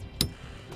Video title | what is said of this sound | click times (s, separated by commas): etrailer - Ultimate Overview of the SeaSucker Komodo Bike Rack for 1 Bike | we'll rotate it out until it snaps into place we'll | 0.2 s